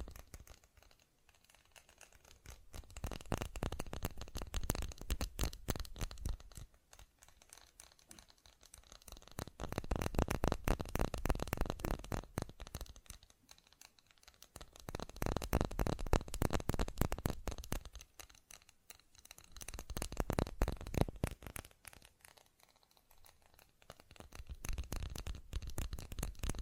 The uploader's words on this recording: ASMR Fast Tapping for Intense Tingles (No Talking).